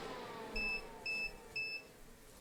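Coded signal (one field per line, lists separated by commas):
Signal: none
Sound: record cleaner's chirp tones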